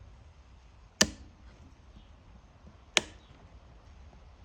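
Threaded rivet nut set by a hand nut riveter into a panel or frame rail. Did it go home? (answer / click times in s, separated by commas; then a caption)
yes / 1.0 s, 3.0 s. A threaded rivet nut is set with a hand nut riveter, its handles squeezed to compress the nut so it sandwiches the mounting material of a panel or frame rail. Two sharp snaps ring out at 1.0 and 3.0 seconds over a low background hum. The rivet nut compresses and sets.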